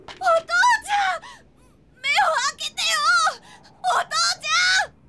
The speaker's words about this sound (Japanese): いいもんだ。子供の泣き声ってのは、絶望に駆られた女子供の声に勝るものはない。